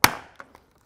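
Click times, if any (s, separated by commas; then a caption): 0.0 s. The outer visor of a Nolan N87 helmet gets a gentle push on its second side into the helmet's side pivot mechanism, giving one loud, sharp plastic snap at 0.0 seconds, followed by two much fainter ticks around 0.4 and 0.55 seconds. The visor snaps into place and is seated.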